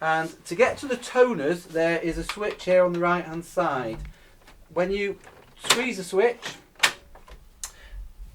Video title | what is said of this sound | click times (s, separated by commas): Lexmark CX310dn A4 Colour Laser Multifunction Printer | the lid lifts up and it locks into place like this so you're not going to trap your fingers while you're getting the toners out | 7.6 s